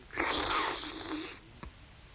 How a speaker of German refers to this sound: Er trinkt Tee, den er durch ein Stück Würfelzucker im Mund zieht.